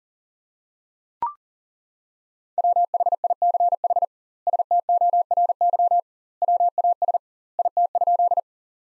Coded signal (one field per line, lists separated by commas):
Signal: Morse code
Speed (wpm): 40 wpm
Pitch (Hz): 700 Hz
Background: none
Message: WHICH STORY WAS IT?